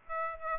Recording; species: mosquito wingbeat signal from an infrared sensor; Aedes aegypti